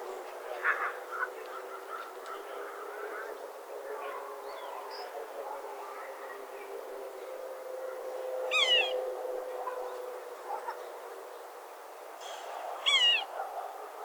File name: Red-naped Sapsucker - Sphyrapicus nuchalis